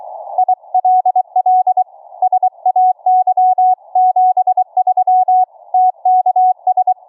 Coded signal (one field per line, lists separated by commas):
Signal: Morse code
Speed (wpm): 22 wpm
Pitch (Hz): 740 Hz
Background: none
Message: ILL SAY 73 TKS